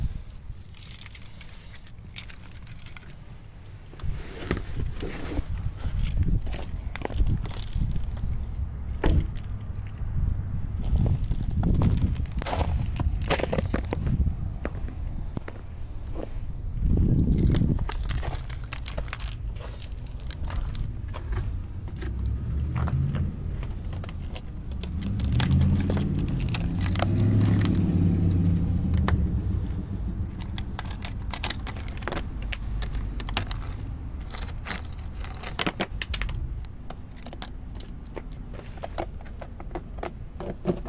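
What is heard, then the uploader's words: Ice is scraped from a windshield in repeated crackling strokes, with crunchy footsteps in snow and a low city rumble underneath throughout. Winter in the city. Scraping ice from windshield, knocking icicles from my bumper, crunching snow under my feet, slight city sounds.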